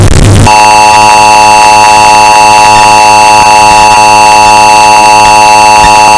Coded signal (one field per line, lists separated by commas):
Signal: Emergency Alert System (SAME) tones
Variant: 853 and 960 Hz attention tone